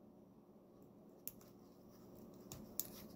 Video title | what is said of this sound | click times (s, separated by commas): Rosso electric atv charger test | until you're going to hear click. | 2.8 s